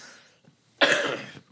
Coughing and sputtering.